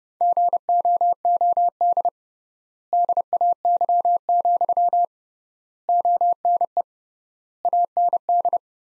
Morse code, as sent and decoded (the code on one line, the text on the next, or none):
--. --- --- -.. / -.. .- -.-- --..-- / --- -. . / .- -. -..
GOOD DAY, ONE AND